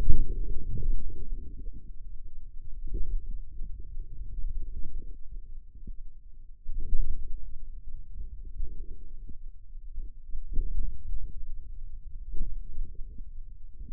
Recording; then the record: forearm muscle sounds (acoustic myography)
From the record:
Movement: finger pinch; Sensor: system 2, bracelet of six BSWA MPA416 microphones around the upper forearm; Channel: 5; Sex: male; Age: 22 years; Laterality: right